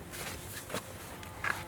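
A 2019–2025 Toyota RAV4 rear seat bench is pushed down at the top on both sides. Its latches click into the vehicle floor mounts at 1.2 and 1.5 seconds, over low background noise. The bench is seated and secure.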